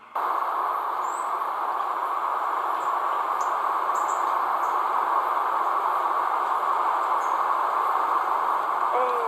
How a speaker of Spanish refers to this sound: Cuando la casa suena. En mi casa se escucha... La quebrada.